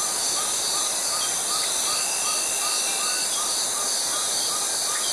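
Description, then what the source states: Cicada song, a continuous piercing buzz holding level throughout, while soft chirps repeat underneath and a thin whistle sounds briefly midway. Tropical forest.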